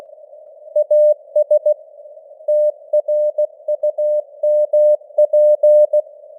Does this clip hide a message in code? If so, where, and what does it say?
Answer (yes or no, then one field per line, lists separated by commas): yes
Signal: Morse code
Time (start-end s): 0.8-6.0 s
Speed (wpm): 16 wpm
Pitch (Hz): 600 Hz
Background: none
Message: AS TRUMP